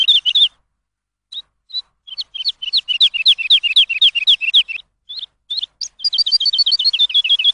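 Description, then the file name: Lark song: rapid runs of bright, downslurred chirping notes, broken by short pauses with scattered single notes, then a fast, steady trill to the end. Lark song used as a tutor for training songbirds. "suara masteran lark"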